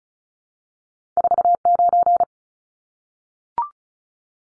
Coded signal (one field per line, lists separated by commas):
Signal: Morse code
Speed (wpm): 34 wpm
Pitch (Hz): 700 Hz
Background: none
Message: 49